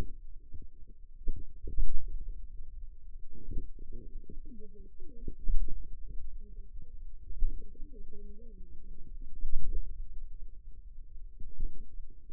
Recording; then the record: forearm muscle sounds (acoustic myography)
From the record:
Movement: pen grasping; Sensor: system 2, bracelet of six BSWA MPA416 microphones around the upper forearm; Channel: 5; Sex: female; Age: 21 years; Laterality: right